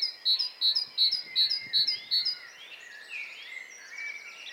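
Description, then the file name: Great tit repeating a sharp, high two-note phrase several times in the first two seconds, followed by mixed chirping of other birds. "Parus major"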